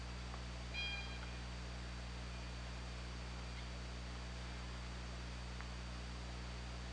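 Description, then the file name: Orca call, short and tonal with several harmonics, near the start, amid steady underwater noise and low hum. Recorded by OrcaLab hydrophone on 24 August 2017 at 23:04. "Orca Lab UTLN JASON 20170824 230413"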